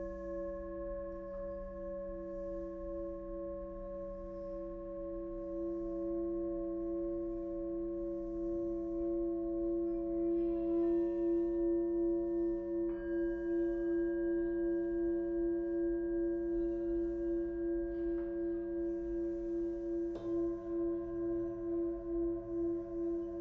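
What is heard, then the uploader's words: A sound bath of ringing singing bowls, with a steady low hum and several long, overlapping tones that sustain throughout. Fresh bowls are struck around 11, 13 and 20 seconds, adding brighter tones, and the ringing swells and wavers in slow pulses toward the end. Sound Bath #008: Ravina Daswani. Recorded in December 2022, the paint had just dried in her new space and not all of her instruments were there. Each hit from other bowls shaped the sound in such unique ways.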